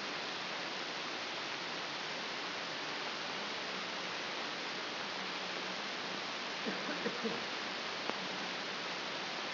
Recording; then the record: brain microelectrode recording played as sound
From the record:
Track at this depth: inside the subthalamic nucleus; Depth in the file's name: 4.518 mm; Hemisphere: left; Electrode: 2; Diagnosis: Parkinson's disease